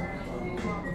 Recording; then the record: background sound without coughing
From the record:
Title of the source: 60 minutes of coffee shop sounds for study and concentration